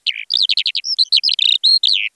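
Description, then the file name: Eurasian skylark: continuous high chirruping song of quickly repeated, rising and falling notes, bright and varied, in a clean recording. "ALLODOLABT"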